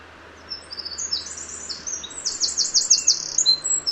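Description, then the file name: Eurasian wren singing a rapid, high-pitched cascade of trilled notes and buzzy rattles that grows louder toward the end, over quiet low hum. "Troglodytes troglodytes"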